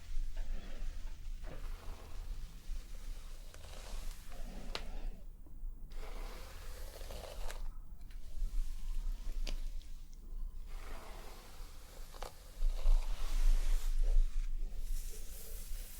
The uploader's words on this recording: ASMR Scalp Treatment + Hair Wash Roleplay Massage, Layered Sounds & Hair Brushing for Sleep.